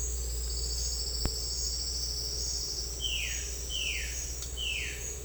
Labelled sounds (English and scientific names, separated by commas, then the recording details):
Violaceous Jay (Cyanocorax violaceus)
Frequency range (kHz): Violaceous Jay (Cyanocorax violaceus) 1.0-4.0 kHz
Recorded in secondary vegetation near Puerto Asís, Putumayo, Colombia, on 9 March 2025 at 09:30
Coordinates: 0.499, -76.323
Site G094